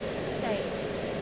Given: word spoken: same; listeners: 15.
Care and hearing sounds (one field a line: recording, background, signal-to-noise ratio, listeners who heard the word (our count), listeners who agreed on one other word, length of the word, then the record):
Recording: one English word in noise, from a listening test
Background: speech-shaped noise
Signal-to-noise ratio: -6.6 dB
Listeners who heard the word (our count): 2 of 15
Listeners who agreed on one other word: 7 of 15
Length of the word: 0.82 s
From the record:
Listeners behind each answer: 7, 3, 2, 1, 1, 1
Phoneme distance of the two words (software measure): 10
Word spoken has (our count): 1 syllable, 3 phonemes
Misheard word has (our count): 1 syllable, 3 phonemes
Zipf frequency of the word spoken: 5.65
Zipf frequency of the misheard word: 4.17